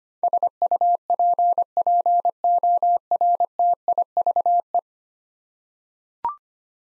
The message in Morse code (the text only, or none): SUPPORTIVE